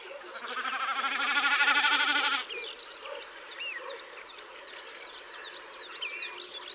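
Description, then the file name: Common snipe drumming: a vibrating, bleating hum that builds over two seconds and stops abruptly, followed by looping whistles of other birds. "BEKAS KSZYK"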